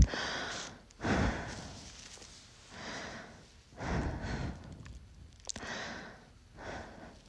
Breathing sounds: deep breathing after running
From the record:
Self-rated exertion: light exertion (2 of 6); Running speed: 5 miles an hour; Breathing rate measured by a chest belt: 32 breaths a minute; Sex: female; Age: 18 years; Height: 167 cm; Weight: 50 kg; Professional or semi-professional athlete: no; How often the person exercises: 1 to 2 times a week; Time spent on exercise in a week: 1 to 2 hours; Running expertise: no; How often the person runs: 1 to 2 times a week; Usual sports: running, walking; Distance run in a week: 1 to 2 km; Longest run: 6 km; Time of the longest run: 34 minutes

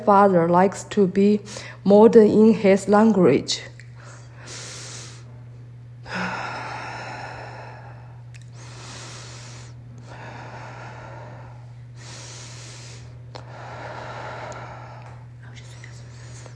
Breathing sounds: deep breathing after running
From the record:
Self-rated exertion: moderate exertion (3 of 6); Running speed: 5 miles an hour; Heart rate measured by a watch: 103 beats a minute at the start, 101 at the end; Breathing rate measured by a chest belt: 14 breaths a minute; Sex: female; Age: 51 years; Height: 160 cm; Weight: 57 kg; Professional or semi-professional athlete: no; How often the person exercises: over 5 times a week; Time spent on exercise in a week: 1 to 2 hours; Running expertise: no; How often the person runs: under once a week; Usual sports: yoga

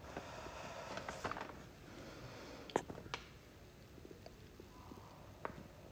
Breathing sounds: deep breathing after running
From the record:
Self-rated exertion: moderate exertion (3 of 6); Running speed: 7 miles an hour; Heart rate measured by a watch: 100 beats a minute at the start, 98 at the end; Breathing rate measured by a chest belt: 19 breaths a minute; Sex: female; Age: 58 years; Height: 160 cm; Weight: 52 kg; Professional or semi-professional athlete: no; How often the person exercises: over 5 times a week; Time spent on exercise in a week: over 5 hours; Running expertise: no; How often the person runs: 3 to 5 times a week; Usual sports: running, swimming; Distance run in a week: 30 miles

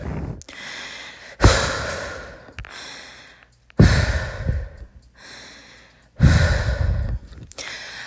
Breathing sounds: deep breathing after running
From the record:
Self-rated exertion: vigorous exertion (4 of 6); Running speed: 6 miles an hour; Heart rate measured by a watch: 163 beats a minute at the start, 160 at the end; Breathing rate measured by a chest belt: 17 breaths a minute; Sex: female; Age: 18 years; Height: 171 cm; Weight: 75 kg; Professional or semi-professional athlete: no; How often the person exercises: 1 to 2 times a week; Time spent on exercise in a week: under 1 hour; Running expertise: no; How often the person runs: 1 to 2 times a week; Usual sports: running, fencing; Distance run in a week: 3 km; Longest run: 21.3 km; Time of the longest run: 190 minutes

